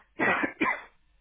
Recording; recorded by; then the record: voluntary cough; telephone call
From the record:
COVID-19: positive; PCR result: checked with the laboratory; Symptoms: yes